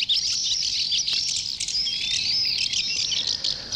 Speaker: Y ahora escucharemos el avión común, este ave que solía hacer los nidos en el puente de San Martín y que ya prácticamente no hay ningún nido aquí en Toledo.